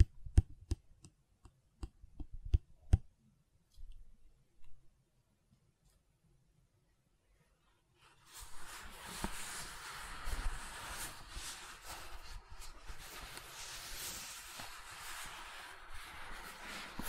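Gentle silicon sounds open with a run of sharp, evenly spaced clicks over the first three seconds, then a few softer taps before near silence from about five to eight seconds. After that a steady, dense crackling and rubbing texture fills the rest, bright and hissy with small pops.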